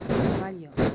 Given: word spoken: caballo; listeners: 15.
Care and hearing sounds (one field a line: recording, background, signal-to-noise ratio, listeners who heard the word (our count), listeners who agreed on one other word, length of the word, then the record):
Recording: one Spanish word in noise, from a listening test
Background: noise modulated by one talker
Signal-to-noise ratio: -9.1 dB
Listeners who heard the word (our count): 2 of 15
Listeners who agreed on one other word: 9 of 15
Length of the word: 0.55 s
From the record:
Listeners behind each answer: 9, 2, 1, 1, 1, 1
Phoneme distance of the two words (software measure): 24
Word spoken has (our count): 3 syllables, 6 phonemes, stress on syllable 2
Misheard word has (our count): 2 syllables, 4 phonemes, stress on syllable 1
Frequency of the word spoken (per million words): 55.36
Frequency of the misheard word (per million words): 21.73